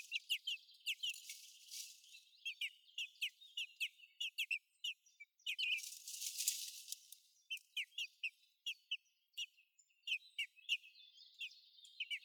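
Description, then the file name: Common blackbird repeating short, sharp clicking notes at an uneven pace, with two bursts of noise partway through. "Turdus merula"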